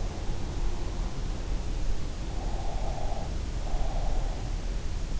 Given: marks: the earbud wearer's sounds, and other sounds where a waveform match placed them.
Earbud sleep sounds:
sounds in sleep by an in-ear microphone; breath
2.38-4.40 s: breath

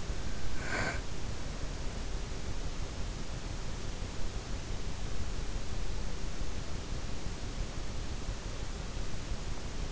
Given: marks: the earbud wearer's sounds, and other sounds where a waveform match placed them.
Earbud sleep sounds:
sounds in sleep by an in-ear microphone; swallowing
0.00-1.94 s: swallowing

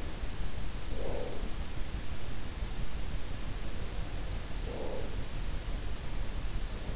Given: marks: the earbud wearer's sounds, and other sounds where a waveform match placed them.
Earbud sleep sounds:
sounds in sleep by an in-ear microphone; breath
0.49-1.83 s: breath
4.22-5.40 s: breath

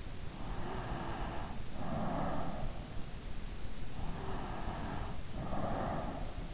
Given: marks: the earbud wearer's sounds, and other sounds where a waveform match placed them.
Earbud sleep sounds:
sounds in sleep by an in-ear microphone; breath
0.19-2.88 s: breath
3.92-6.54 s: breath

